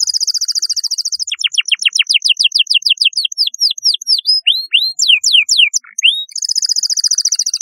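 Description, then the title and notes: Canary singing a continuous run: rapid high trill, then a series of falling whistled sweeps and upslurs, ending in another fast rolling trill. "Kicau Burung Kenari"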